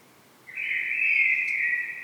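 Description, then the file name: Common blackbird uttering a single sustained, fluty warbled phrase lasting over a second, against a quiet background. "Turdus merula"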